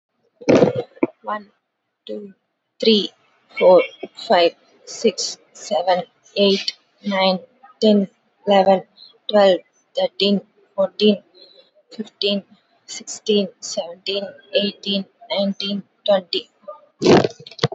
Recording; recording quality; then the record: counting at a normal pace; moderate, slight background noise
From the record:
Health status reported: COVID-19 positive, mild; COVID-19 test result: positive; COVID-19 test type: RT-PCR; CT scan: taken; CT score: 0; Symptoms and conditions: cough, cold, muscle pain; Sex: female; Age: 30 years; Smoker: no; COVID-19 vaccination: both doses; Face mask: not worn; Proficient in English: yes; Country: India